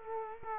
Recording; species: mosquito wingbeat signal from an infrared sensor; Culex quinquefasciatus